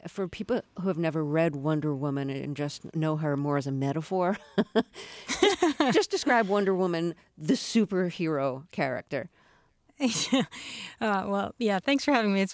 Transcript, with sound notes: for people who have never read Wonder Woman and just know her as more as a metaphor (laughter), just describe Wonder Woman the superhero character.
Well, yeah, thanks for having me.